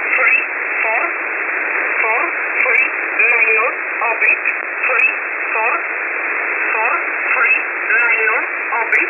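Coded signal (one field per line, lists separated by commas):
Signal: numbers station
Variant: E11 Oblique, English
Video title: 16 02 2023 Numbers station E11 Oblique in English to Eu in USB mode 0820 on 5149 Warsaw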